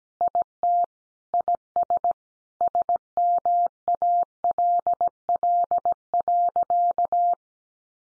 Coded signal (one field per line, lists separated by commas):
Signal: Morse code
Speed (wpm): 17 wpm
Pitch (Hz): 700 Hz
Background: none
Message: IT IS SMALL.